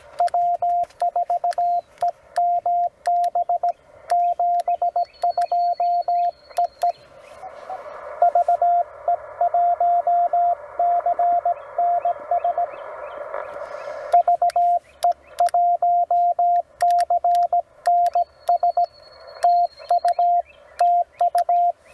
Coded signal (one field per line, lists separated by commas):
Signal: Morse code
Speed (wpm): 17 wpm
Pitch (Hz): 700 Hz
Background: radio noise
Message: W4EMB 72EE VE1CNS VE1CNS TU TU